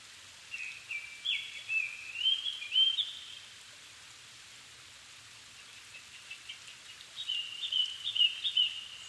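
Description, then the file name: Japanese thrush singing two bursts of varied whistled phrases, short fluty notes jumping between pitches, separated by a few seconds of quiet, with a soft background hiss. Evening, 7 May 2011 at 17:59; altitude 270 m; Sony PCM-D50 recorder with Panasonic WM-61A microphone. "kurotugumi-20110507-1759"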